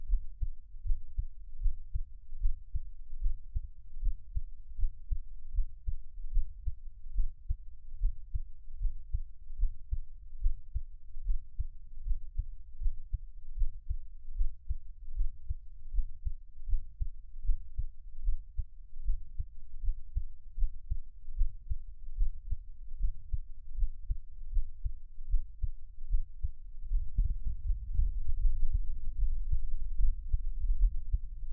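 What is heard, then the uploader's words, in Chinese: A heartbeat thumps steadily and quickly, a dense run of low, muffled pulses with nothing higher above them. Near the end, from about 27 seconds, the beats grow louder and boomier. 獻上我的心跳 | Give my Heartbeat | NO Talking。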